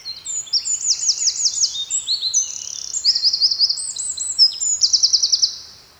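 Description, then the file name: Eurasian wren song: shrill, rapid notes and several machine-gun trills following one another for about five and a half seconds, then silence. "Troglodytes troglodytes"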